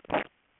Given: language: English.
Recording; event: throat vibration sensor signal played as sound; swallow